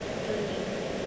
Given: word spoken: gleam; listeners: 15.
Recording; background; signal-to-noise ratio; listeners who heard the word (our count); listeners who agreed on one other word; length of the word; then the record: one English word in noise, from a listening test; speech-shaped noise; -4.9 dB; 1 of 15; 7 of 15; 0.66 s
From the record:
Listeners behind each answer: 7, 2, 1, 1, 1, 1, 1, 1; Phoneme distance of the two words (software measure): 24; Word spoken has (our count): 1 syllable, 4 phonemes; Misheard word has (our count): 2 syllables, 4 phonemes, stress on syllable 1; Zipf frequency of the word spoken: 2.80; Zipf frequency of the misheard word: 3.72